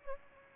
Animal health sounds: mosquito wingbeat signal from an infrared sensor; Aedes albopictus

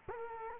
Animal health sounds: mosquito wingbeat signal from an infrared sensor; Culex quinquefasciatus

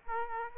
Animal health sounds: mosquito wingbeat signal from an infrared sensor; Aedes aegypti

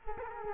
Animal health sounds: mosquito wingbeat signal from an infrared sensor; Culex quinquefasciatus

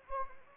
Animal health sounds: mosquito wingbeat signal from an infrared sensor; Anopheles arabiensis

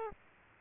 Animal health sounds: mosquito wingbeat signal from an infrared sensor; Culex quinquefasciatus

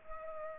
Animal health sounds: mosquito wingbeat signal from an infrared sensor; Culex pipiens

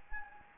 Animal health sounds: mosquito wingbeat signal from an infrared sensor; Anopheles gambiae

